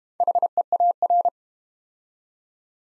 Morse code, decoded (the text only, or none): HEAR